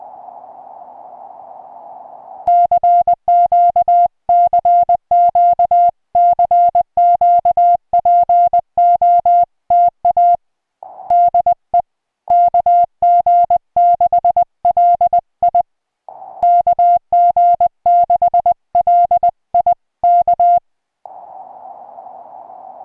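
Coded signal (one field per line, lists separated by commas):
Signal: Morse code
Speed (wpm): 20 wpm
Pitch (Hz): 700 Hz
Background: music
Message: CQ CQ CQ POTA DE KG6LI KG6LI K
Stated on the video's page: Morse from a park activation of Santa Rosa-San Jacinto National Monument (K-4546), restored recording.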